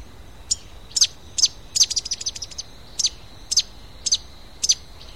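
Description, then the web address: Fruiteater song of very high, thin, sharp notes, single or paired, mostly about half a second apart with a quicker burst in the middle, against quiet background. "cantos fruteyungue"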